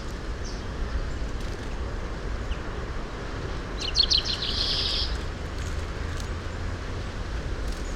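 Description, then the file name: European greenfinch calling: a quick run of short chipping notes flowing into a drawn-out buzzy wheeze lasting about a second, over a steady low rumble. "Chloris chloris"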